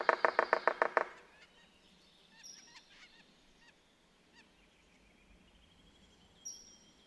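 Red-naped sapsucker giving a fast burst of several harsh, nasal notes in about one second, then quieter with a few faint high notes.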